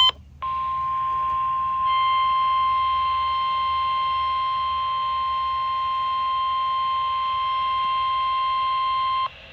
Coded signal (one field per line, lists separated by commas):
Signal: Emergency Alert System (SAME) tones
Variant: 1050 Hz attention tone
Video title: late KDO89 Required Weekly Test. 7/15/26 EAS #696